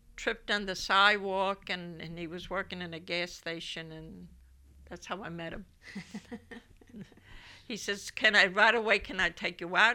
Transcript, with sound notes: tripped on the sidewalk, and, and he was working in the gas station, and that's how I met him. (they laugh) He says, "Can I," right away, "Can I take you out?"